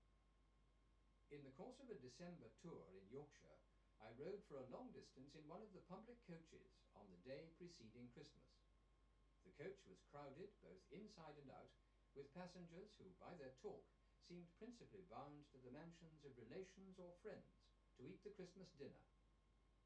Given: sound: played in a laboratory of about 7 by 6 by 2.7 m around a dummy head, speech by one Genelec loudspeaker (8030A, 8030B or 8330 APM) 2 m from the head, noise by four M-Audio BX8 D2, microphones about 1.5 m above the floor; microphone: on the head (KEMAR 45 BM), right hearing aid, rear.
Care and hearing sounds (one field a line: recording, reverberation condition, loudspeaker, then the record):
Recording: male speech in English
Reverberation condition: low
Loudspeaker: 30 degrees to the left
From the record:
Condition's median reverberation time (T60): about 310 ms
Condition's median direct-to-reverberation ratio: about 3.5 dB